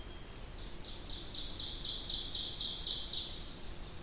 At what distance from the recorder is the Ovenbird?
about 40 m